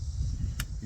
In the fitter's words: There you go. You just tighten it till it clicks. Just like that.